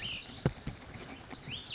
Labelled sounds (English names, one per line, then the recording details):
Cassin's Vireo
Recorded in Sonoma County, California